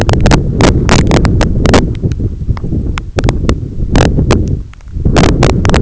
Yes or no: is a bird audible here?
no